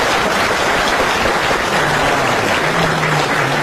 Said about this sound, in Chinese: 话说到这儿了，你要是再不唱，你是不是嫌大伙掌声不热烈啊？可以，热烈鼓掌。